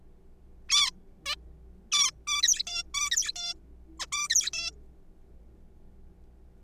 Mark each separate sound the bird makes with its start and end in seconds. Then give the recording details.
0.69-0.91, 1.26-1.36, 1.92-2.11, 2.27-2.42, 2.43-2.63, 2.67-2.83, 2.94-3.10, 3.11-3.32, 3.36-3.54, 4.00-4.06, 4.12-4.27, 4.30-4.50, 4.53-4.71. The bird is a juvenile. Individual R3428